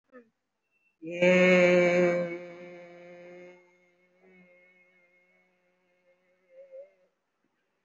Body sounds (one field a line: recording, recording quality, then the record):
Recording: sustained vowel as in made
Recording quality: moderate, slight background noise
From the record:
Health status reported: respiratory illness, not identified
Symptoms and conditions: cough, cold, breathing difficulty, sore throat, fatigue, muscle pain, pneumonia, another respiratory illness, another condition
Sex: female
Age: 52 years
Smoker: no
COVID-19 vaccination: one dose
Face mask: worn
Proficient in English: no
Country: India